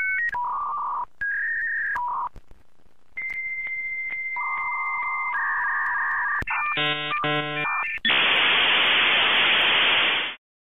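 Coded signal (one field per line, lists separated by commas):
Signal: dial-up modem handshake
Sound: dialing tones, answer tones, warbling chirps and bongs, then loud steady static hiss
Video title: Dial Up Internet - Sound Effect (HD)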